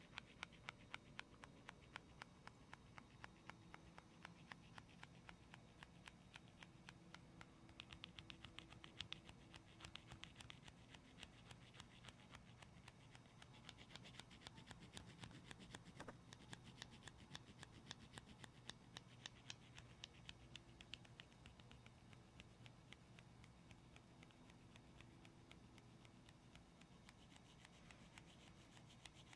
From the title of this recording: ASMR medium gentle tapping and scratching